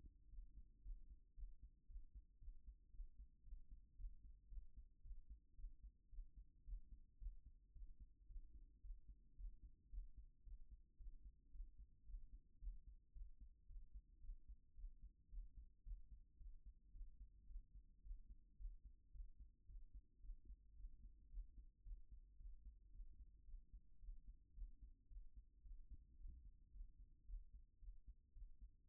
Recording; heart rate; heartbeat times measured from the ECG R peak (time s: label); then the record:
heart sounds by stethoscope; 111 bpm
0.29 s: heartbeat
0.82 s: heartbeat
1.34 s: heartbeat
1.86 s: heartbeat
2.38 s: heartbeat
2.90 s: heartbeat
3.43 s: heartbeat
3.95 s: heartbeat
4.48 s: heartbeat
5.01 s: heartbeat
5.55 s: heartbeat
6.09 s: heartbeat
6.64 s: heartbeat
7.18 s: heartbeat
7.72 s: heartbeat
8.26 s: heartbeat
8.81 s: heartbeat
9.35 s: heartbeat
9.89 s: heartbeat
10.43 s: heartbeat
10.97 s: heartbeat
11.51 s: heartbeat
12.05 s: heartbeat
12.59 s: heartbeat
13.12 s: heartbeat
13.66 s: heartbeat
14.20 s: heartbeat
14.74 s: heartbeat
15.29 s: heartbeat
15.83 s: heartbeat
16.37 s: heartbeat
16.91 s: heartbeat
17.46 s: heartbeat
18.01 s: heartbeat
18.56 s: heartbeat
19.11 s: heartbeat
19.65 s: heartbeat
20.20 s: heartbeat
20.74 s: heartbeat
21.29 s: heartbeat
21.82 s: heartbeat
22.36 s: heartbeat
22.90 s: heartbeat
23.44 s: heartbeat
23.99 s: heartbeat
24.53 s: heartbeat
25.07 s: heartbeat
25.62 s: heartbeat
26.16 s: heartbeat
26.71 s: heartbeat
27.25 s: heartbeat
27.79 s: heartbeat
28.32 s: heartbeat
28.86 s: heartbeat
From the record:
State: after exercise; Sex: female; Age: 31 years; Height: 169 cm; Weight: 67 kg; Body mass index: 23.46